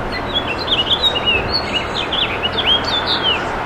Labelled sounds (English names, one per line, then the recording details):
House Finch song
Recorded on Long Island, New York, on 18 June 2012
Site OG
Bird B